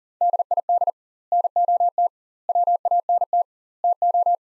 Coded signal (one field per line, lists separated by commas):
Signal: Morse code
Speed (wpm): 39 wpm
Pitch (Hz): 700 Hz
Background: none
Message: DID NOT WANT TO